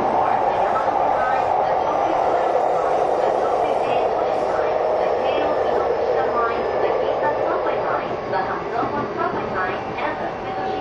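A train runs with a steady, dense rumbling roar and a low hum, while faint voices and brief higher tones surface intermittently throughout.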